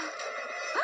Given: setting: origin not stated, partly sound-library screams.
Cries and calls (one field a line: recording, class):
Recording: one-second piece from a danger detection set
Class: woman in danger